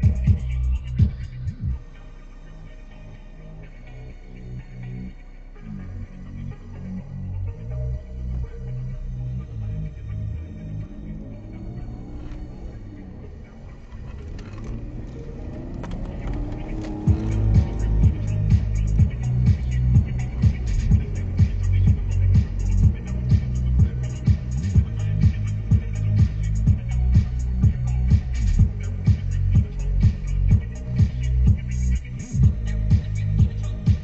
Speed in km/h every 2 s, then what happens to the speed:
0, 0, 0, 0, 0, 20, 23, 23, 46, 45, 43, 35, 27, 15, 2, 0, 0.
0-8 standing. 8-16 pulls away to 46. 16-28 brakes to 2. 28-34 standing.